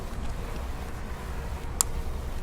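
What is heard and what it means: A post cap is locked in on one side, then pushed down at the center onto an aluminum railing post. Over low rumbling background noise, a single sharp snap is heard at 1.8 s as the cap clicks into place, showing it is seated and locked.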